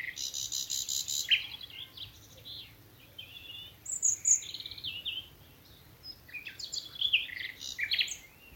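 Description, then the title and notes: Common nightingale song opening with a fast buzzy rattle, followed by scattered chirps and high notes. Nightingales singing from thickets of a Dorset wood in the evening as dew falls, Alners Gorse nature reserve run by Butterfly Conservation, Dorset. "Sound Escape 11: the glorious song of nightingales from a Dorset wood. it's evening at Alners Gorse, a nature reserve in Dorset run by Butterfly Conservation. As the dew falls, the extraordinary song of nightingales rises from the thickets. Recorded by Martin Maudsley"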